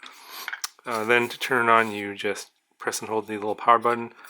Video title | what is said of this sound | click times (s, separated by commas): JJRC H51 Rocket 360 Drone Review 🚁 | just stick the cover back on and they'll lock into place with this little little | 0.7 s